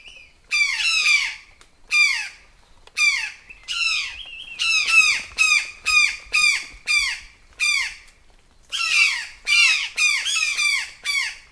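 Brown jay giving harsh, ragged screaming alarm calls, repeated in a steady series with short gaps between them.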